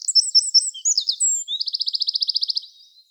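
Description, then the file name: Eurasian wren song, an energetic burst of very high twitters and slurred notes flowing into a fast, regular rattling trill that fades out at the end. "Troglodytes troglodytes"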